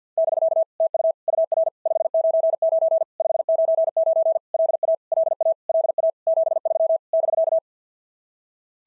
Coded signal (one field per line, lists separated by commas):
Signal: Morse code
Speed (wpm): 50 wpm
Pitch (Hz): 650 Hz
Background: none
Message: <BK> TU UR 599 599 LA LA LA 73 <BK>